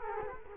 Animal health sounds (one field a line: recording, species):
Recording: mosquito wingbeat signal from an infrared sensor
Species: Culex quinquefasciatus